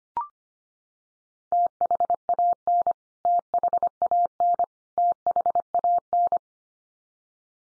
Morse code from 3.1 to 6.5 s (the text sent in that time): THAN THAN